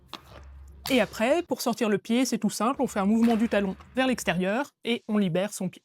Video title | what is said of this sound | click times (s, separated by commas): Pédales automatiques vélo : comment bien débuter étape par étape | Donc, c'est ce qu'on appelle la cale et elle vient se clipser sur la | 0.1 s